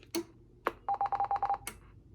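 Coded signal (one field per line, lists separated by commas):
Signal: roger beep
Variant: Stryker roger beep 2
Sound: key-up click, a quick run of about eight short mid-pitched beeps, then a release click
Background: radio static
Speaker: All right, here's Roger beep number 2.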